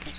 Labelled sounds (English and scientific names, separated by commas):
Hooded Warbler (Setophaga citrina) flight call